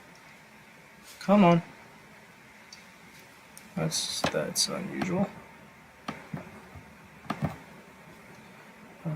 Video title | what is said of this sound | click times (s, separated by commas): LIVE Lego Starbase Development | so this engine does not click yeah | none